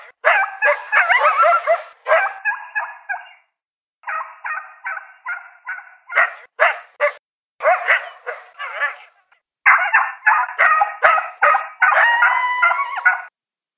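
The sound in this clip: Coyote giving rapid trains of yapping, wavering yelps, several bursts separated by brief silences, with a sharp click or two.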